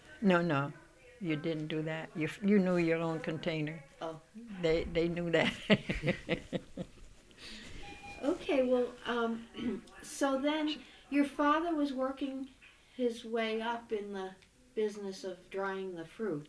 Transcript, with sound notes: No, no. You didn't do that. You knew your own container. They knew that. ( she laughs )
Okay. Well, so then your father was working his way up in the business of drying the fruits.